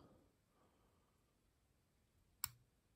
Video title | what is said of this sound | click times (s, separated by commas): #2561 #minilockmonday | you hear that little snap | 2.4 s